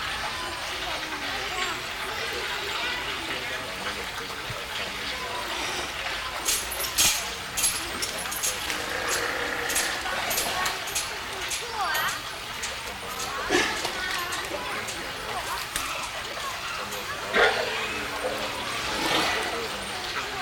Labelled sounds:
South American Fur Seal (Arctocephalus australis)
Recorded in captivity
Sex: male
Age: adult
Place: Münchner Tierpark Hellabrunn, Bayern, DE
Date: 1993-09-20 15:26
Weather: 19°C, heiter
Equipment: Marantz CP 430, Sennheiser MKH 416 T, Kopie Uher Variocord 263
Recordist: Tembrock, Günter

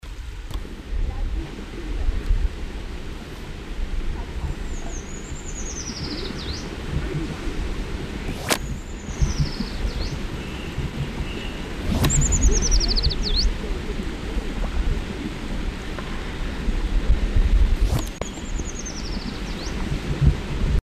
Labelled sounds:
Eurasian Treecreeper (Certhia familiaris) song
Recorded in the wild
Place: Garmisch-Partenkirchen, Bayern, DE
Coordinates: 47.4747, 11.2344
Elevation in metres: 964
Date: 1969-04-11
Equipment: Uher 4000, Sennheiser MKH 405
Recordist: Tretzel, Erwin
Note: Ostern 1969, Straße nach Elmau, vermutlich nahe Klais: Gesang

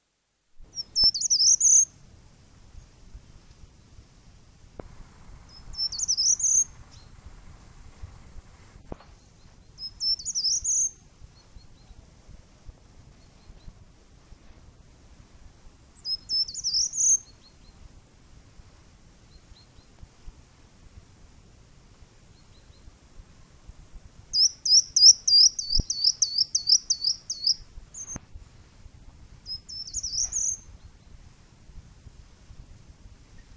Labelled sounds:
Short-toed Treecreeper (Certhia brachydactyla) song
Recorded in the wild
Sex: male
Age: adult
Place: Wachenroth, Bayern, DE
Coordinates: 49.7447, 10.7486
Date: 1962-03-26
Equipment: Stellavox SM 5, Original, Vollspur
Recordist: Tretzel, Erwin

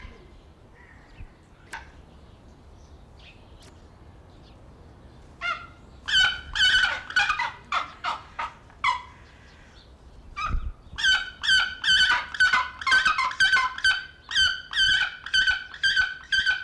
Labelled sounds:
Pallas's Fish Eagle (Haliaeetus leucoryphus)
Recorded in captivity
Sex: pair
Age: adult
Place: Zoo Berlin, Berlin, DE
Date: 1994-02-11 11:04
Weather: Bedeckt, 4°C
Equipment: Marantz CP 130, Sennheiser ME 80, Kopie Uher Variocord 263
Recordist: Tembrock, Günter

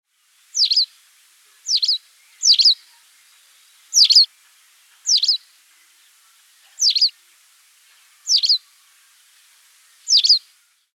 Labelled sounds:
White Wagtail (Motacilla alba)
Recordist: Tembrock, Günter
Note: Rufe

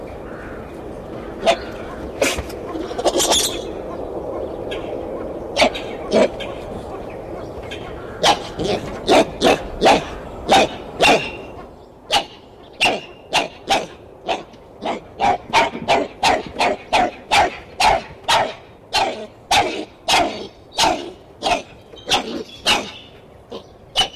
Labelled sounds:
Black-handed Spider Monkey (Ateles geoffroyi)
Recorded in captivity
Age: adult
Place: Tierpark Berlin, Berlin, DE
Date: 1976-11-20 10:00
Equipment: Uher 4200 Report Stereo, Sennheiser MD 421 HL, Verstärker
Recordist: Tembrock, Günter

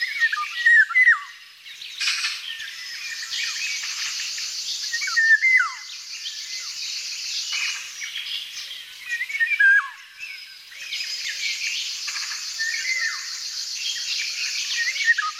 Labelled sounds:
Eurasian Golden Oriole (Oriolus oriolus) song
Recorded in the wild
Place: Hortobagy Nationalpark / Fischteiche, HU
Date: 1990-05-21
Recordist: Schwarz, Dieter

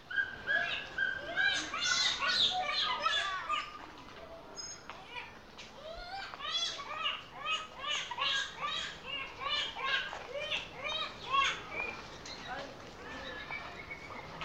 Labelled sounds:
Siamang (Symphalangus syndactylus)
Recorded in captivity
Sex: diverse
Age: diverse
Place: Zoo Berlin, Berlin, DE
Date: 1987-08-13
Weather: bedeckt
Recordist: Tembrock, Günter

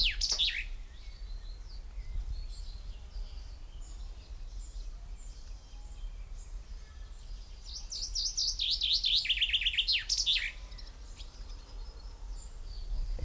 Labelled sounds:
Common Chaffinch (Fringilla coelebs)
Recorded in the wild
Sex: male
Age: adult
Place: Kremmen, Brandenburg, DE
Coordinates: 52.76, 13.03
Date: 1995-06-03 11:58
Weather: heiter, 18°C
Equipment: Marantz CP 430, Sennheiser ME 80, Kopie Uher 4000 Report Monitor
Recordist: Tembrock, Günter

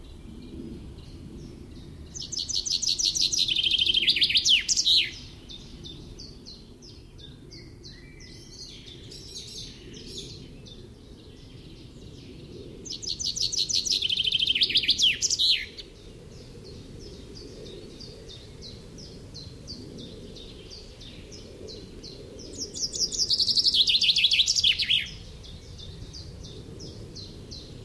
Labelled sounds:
Common Chaffinch (Fringilla coelebs) song
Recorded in the wild
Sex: male
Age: adult
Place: Mühlenbeck, Brandenburg, DE
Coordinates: 52.6833, 13.3833
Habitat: forest
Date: 1996-06-22 15:49
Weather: cloudy, 16°C
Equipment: Sony MD-WM MZ-R3, Sennheiser MKH 416 T, Kopie Uher 4000 Report Monitor
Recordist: Tembrock, Günter

